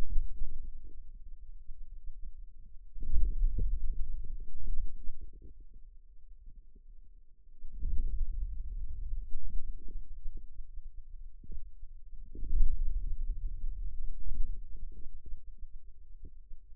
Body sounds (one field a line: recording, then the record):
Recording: forearm muscle sounds (acoustic myography)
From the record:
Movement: hand closing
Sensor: system 2, bracelet of six BSWA MPA416 microphones around the upper forearm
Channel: 5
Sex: male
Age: 22 years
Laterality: right